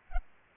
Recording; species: mosquito wingbeat signal from an infrared sensor; Aedes albopictus